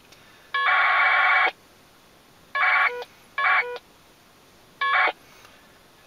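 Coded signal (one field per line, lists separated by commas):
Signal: packet radio (AX.25, as in APRS)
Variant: 1200 baud AFSK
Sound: four short buzzy two-tone data bursts, the first about a second long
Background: faint radio hiss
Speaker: since there was no traffic for either station they'll disconnect and that's where it says they're disconnected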